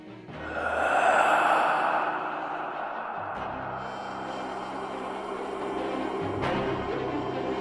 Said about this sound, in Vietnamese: Mồm ông cứ thở ra những tiếng khò khà khò khè, thỉnh thoảng hơi thở cứ như bị mắc lại mà khổng khọc khổng khọc.